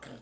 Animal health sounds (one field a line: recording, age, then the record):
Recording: pig call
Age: piglet (1 to 25 days)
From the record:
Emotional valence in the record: negative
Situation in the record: restrain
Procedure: sham castration, fixation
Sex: male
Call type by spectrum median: low-frequency call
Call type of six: low-frequency tonal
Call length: 0.22 s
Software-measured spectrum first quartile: 357 Hz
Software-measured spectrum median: 1167 Hz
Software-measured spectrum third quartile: 3655 Hz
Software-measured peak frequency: 248 Hz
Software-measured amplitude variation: 105 dB a second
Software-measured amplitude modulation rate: 20.4 a second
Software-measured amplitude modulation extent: 5.1 dB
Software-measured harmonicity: -0.8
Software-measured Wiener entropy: -1.90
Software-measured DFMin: 565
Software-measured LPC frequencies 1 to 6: 505, 1477, 2000, 3245, 4598, 6122 Hz